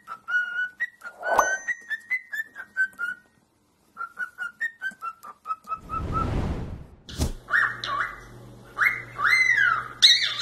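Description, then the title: Cockatiels give a quick series of short whistled notes, a pause, more rapid notes, a loud rushing burst, then louder swooping whistles over a low hum. Several cockatiels singing and whistling. "Calopsitas Cantando Assobio"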